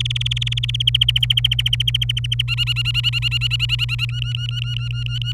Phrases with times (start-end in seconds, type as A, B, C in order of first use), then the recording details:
0.00-0.82 A, 0.87-2.42 B, 2.48-4.05 C, 4.09-5.32 D. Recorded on 26 April 2018 at 08:38. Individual llb3